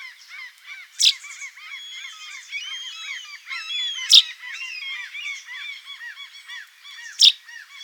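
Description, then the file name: Common chaffinch giving three abrupt, loud call notes roughly every three seconds, set against a busy background chorus of twittering, chirping birds. "Fringilla coelebs"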